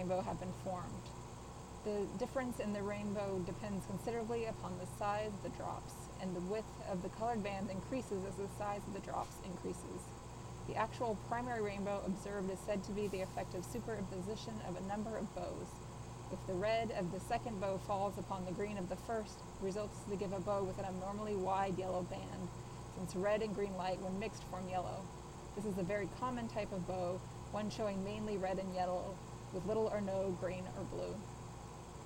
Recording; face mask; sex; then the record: reading aloud; surgical mask; female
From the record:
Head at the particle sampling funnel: tilted up or above it, chin in front of it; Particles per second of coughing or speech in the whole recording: 0.0394